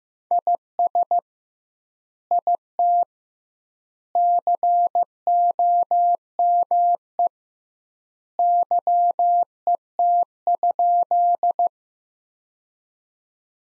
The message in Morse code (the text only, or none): IS IT COME YET?